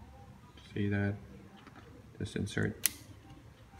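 Someone talks while handling a Rockbros sunglasses strap, fitting its end piece onto the sunglasses temple arm, with a few short handling noises and a brief sharp tick near the end. The strap end has not yet gone home on the temple arm, and nothing has seated or clicked yet.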